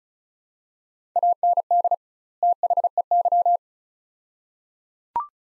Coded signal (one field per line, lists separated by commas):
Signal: Morse code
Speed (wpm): 34 wpm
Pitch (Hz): 700 Hz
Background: none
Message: AND THEY